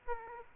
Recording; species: mosquito wingbeat signal from an infrared sensor; Aedes aegypti